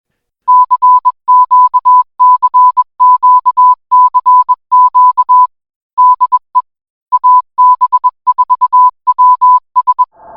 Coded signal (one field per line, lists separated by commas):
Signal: Morse code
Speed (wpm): 21 wpm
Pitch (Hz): 1000 Hz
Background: music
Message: CQ CQ CQ DE AB4WS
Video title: AB4WS RADIO SHOW 2025 08 29